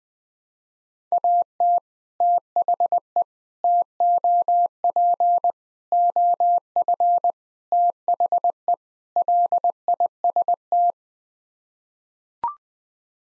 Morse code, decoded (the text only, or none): AT THE TOP OF THE LIST